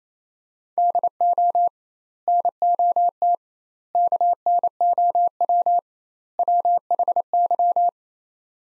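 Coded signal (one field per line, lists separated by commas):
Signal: Morse code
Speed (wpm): 28 wpm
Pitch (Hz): 700 Hz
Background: none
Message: DO NOT KNOW WHY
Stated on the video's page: Morse practice in sets of four words at 28 wpm with 2x word spacing, a Farnsworth-like method; each set sent, spoken, then resent.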